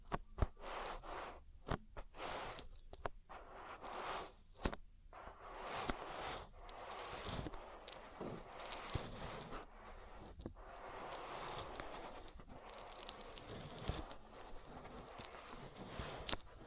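Oil ear massage with wet, crackling rubs and scrapes that run almost without pause. The texture is dense and grainy, swelling and thinning in waves, with sharp clicks and pops scattered throughout, especially in the first five seconds and again near the end.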